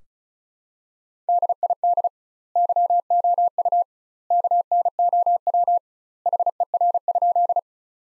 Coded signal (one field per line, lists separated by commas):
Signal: Morse code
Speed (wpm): 34 wpm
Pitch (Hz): 700 Hz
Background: none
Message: DID YOU KNOW HER?